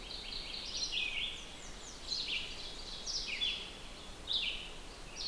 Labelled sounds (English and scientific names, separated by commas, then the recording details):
Red-eyed Vireo (Vireo olivaceus) song
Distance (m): 30 m
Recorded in boreal forest in Alberta, Canada, on 6 June 2016 at 08:36
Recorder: SongMeter 3, array SBT-3-51
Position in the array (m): 150 m, 68 m